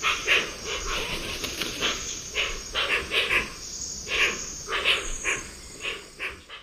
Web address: Natures Songs S America Eastern Lowlands. Opisthocomus hoazin, calls